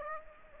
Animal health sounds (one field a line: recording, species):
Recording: mosquito wingbeat signal from an infrared sensor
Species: Aedes aegypti